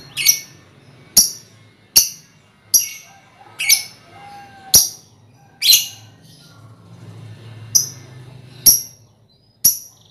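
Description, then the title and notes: Lovebird giving sharp, high, shrill chirps repeated about once a second. Lovebird song in the style called ngekek, used as a lure song (kicau pancingan). "Master Kicau Lovebird ngekek, kicau pancingan"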